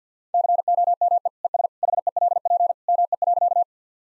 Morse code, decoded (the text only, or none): COME ES HELP ME.